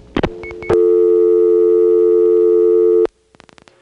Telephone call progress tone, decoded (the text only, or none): dial tone